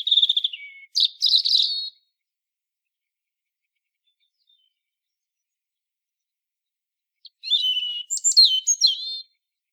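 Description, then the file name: European robin singing: a fast high trill and chirps, a silent gap of several seconds, then another varied phrase of thin slurred whistles. "Erithacus rubecula"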